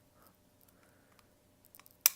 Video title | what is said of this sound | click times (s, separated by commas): 3D printed magnetically coupled actuator | and lock that in place. | 2.1 s